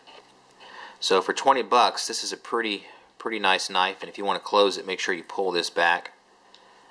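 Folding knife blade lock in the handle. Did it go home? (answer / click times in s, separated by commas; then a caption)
yes / 6.5 s. Someone talks about a budget folding knife priced at about 20 dollars, then pulls back the lock to close it. The blade swings shut and the lock in the handle engages with a small, sharp tick at 6.6 s, locking the knife closed.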